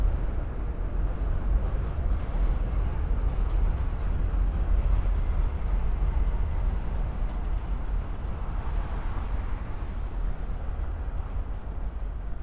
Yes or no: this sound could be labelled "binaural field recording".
yes